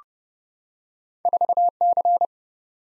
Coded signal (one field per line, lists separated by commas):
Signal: Morse code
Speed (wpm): 30 wpm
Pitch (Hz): 700 Hz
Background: none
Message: 4C